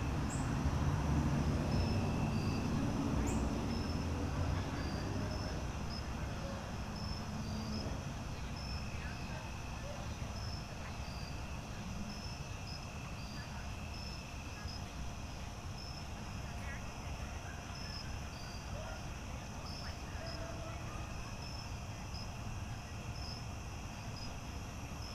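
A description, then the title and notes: Crickets chirp in short, regular high pulses over a steady low rumble, with murmuring voices and laughter strongest during the first eight seconds. Standing in the Woodland Fairy Garden outside of the Duke Mansion. Crickets, laughter.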